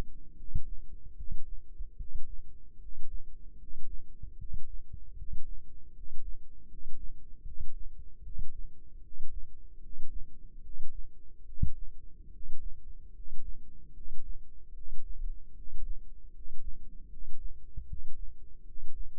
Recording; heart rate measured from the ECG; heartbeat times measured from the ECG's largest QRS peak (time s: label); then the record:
heart sounds by microphone in the left ear; 75 bpm
0.34 s: heartbeat
1.14 s: heartbeat
1.95 s: heartbeat
2.77 s: heartbeat
3.56 s: heartbeat
4.35 s: heartbeat
5.14 s: heartbeat
5.91 s: heartbeat
6.66 s: heartbeat
7.42 s: heartbeat
8.21 s: heartbeat
9.00 s: heartbeat
9.78 s: heartbeat
10.60 s: heartbeat
11.43 s: heartbeat
12.29 s: heartbeat
13.11 s: heartbeat
13.91 s: heartbeat
14.72 s: heartbeat
15.53 s: heartbeat
16.30 s: heartbeat
17.07 s: heartbeat
17.85 s: heartbeat
18.63 s: heartbeat
From the record:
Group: healthy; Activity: rest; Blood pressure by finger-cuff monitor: 112/78 mmHg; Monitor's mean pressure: 85 mmHg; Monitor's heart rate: 75 bpm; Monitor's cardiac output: 5.9 L/min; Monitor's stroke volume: 78 mL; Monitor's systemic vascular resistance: 1050 dyn s/cm5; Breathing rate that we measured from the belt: 18 breaths a minute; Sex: male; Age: 35 years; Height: 180 cm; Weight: 86.9 kg